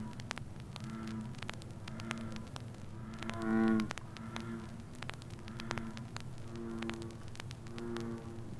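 Bullfrog croaking with one loud, low, buzzy drone near the middle, surrounded by fainter repeated croaks from other frogs and sharp crackling clicks.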